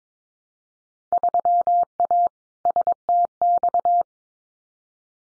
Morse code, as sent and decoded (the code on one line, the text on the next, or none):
...-- .- / ... - -..-
3A STX